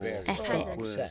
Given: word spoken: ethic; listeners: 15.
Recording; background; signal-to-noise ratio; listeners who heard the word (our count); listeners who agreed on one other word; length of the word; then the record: one English word in noise, from a listening test; four-talker babble; -0.7 dB; 5 of 15; 8 of 15; 0.71 s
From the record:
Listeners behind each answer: 8, 5, 1, 1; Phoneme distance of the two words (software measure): 10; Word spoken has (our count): 2 syllables, 4 phonemes, stress on syllable 1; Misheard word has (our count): 2 syllables, 4 phonemes, stress on syllable 1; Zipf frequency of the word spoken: 3.30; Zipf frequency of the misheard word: 4.10